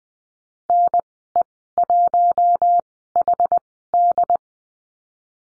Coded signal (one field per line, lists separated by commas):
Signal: Morse code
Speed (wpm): 19 wpm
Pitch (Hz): 700 Hz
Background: none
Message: NE1HD